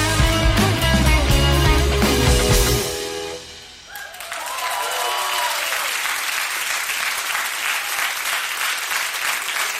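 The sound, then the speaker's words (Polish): A carol with singing and instruments breaks off, then after a brief lull a thin, scattered round of clapping rises and keeps going at a modest, even level until the end. “No a teraz mizernie, cicho. Brawa motywując.”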